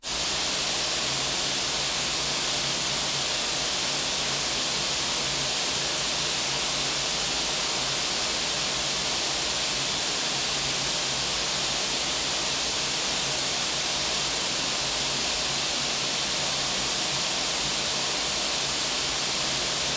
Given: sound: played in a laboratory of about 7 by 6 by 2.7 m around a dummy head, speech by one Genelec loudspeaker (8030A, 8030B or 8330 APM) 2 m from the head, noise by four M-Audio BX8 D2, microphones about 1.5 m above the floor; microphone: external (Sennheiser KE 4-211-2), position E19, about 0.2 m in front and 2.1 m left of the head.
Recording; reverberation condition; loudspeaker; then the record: white noise; high; four, about 170 cm from the corners of the room and facing them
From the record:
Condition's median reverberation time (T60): about 1300 ms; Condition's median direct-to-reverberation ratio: about -4.0 dB